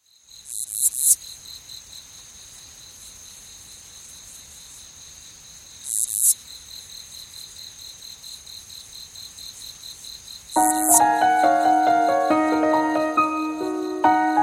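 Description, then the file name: Cricket chirping, a steady pulsed high trill held for about ten seconds with brief louder bursts, then overlaid by instrumental music in the final seconds. Crickets at night. "Zvuki prirody i muzyka - Sverchki i kuznechik nochyu"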